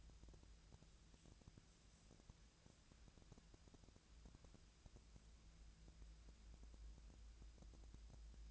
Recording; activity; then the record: daily activity, microphone in the room; wipe stove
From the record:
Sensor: 2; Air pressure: 1000.4 hPa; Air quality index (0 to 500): 160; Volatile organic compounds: 3 ppm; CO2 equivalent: 1332 ppm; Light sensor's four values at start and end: 10/24/10/11 and 10/24/10/10